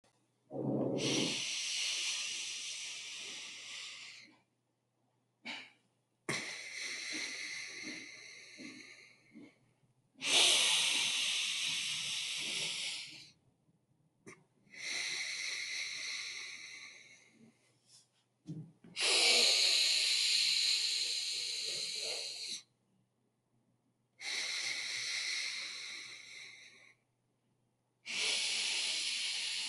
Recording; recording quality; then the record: deep breathing; excellent, no background noise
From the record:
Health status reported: healthy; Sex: male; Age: 39 years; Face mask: not worn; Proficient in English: yes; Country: India